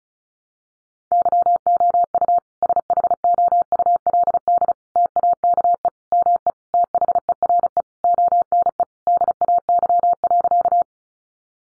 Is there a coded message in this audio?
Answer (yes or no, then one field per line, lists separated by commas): yes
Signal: Morse code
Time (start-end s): 1.1-10.8 s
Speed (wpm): 34 wpm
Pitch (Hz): 700 Hz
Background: none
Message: YOU SHOULD TAKE ME THERE ONE DAY.